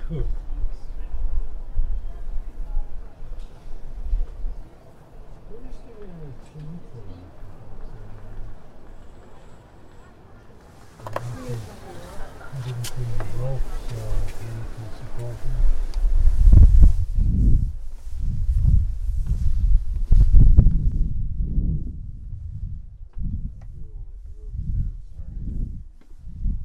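A walk through Prague from the Castle toward Charles Bridge, with low crowd murmur and faint voices in the first part. Around eleven seconds a brighter rush of hiss joins in, and from about sixteen seconds heavy, irregular low thumps and rumbles dominate to the end.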